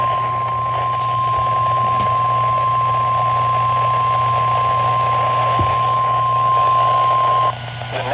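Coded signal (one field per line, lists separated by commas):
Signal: Emergency Alert System (SAME) tones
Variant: 1050 Hz attention tone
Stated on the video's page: EAS alerts from 2023 in Michigan, captured from a NOAA weather radio.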